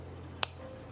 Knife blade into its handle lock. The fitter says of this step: hear that click even closing yeah